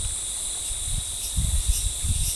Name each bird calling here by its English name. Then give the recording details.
none. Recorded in forest near Pivijay, Magdalena, Colombia, on 17 April 2023 at 08:30. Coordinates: 10.467, -74.380. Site Z5-G034